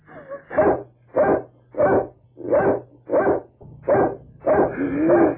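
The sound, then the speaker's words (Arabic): A watchdog coming toward people to bite them barks steadily, about seven sharp, evenly spaced barks over a few seconds, ending in a longer rough bark with a faint whine beneath a low steady hum. “كلب كلب سهران، كلب سهران جاي عليها هيعضنا.”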